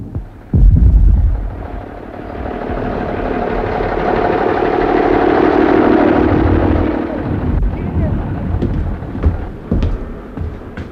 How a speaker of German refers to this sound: Dieser Kanonendonner.